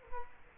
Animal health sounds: mosquito wingbeat signal from an infrared sensor; Culex quinquefasciatus

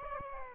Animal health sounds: mosquito wingbeat signal from an infrared sensor; Aedes aegypti

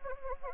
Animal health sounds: mosquito wingbeat signal from an infrared sensor; Anopheles gambiae

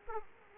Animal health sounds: mosquito wingbeat signal from an infrared sensor; Aedes aegypti

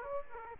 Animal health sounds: mosquito wingbeat signal from an infrared sensor; Aedes aegypti

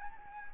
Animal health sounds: mosquito wingbeat signal from an infrared sensor; Anopheles arabiensis

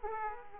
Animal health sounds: mosquito wingbeat signal from an infrared sensor; Aedes aegypti

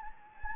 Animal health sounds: mosquito wingbeat signal from an infrared sensor; Anopheles gambiae

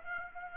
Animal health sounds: mosquito wingbeat signal from an infrared sensor; Aedes aegypti

